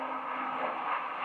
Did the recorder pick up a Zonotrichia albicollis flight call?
no